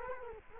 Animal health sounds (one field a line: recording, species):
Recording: mosquito wingbeat signal from an infrared sensor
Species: Culex quinquefasciatus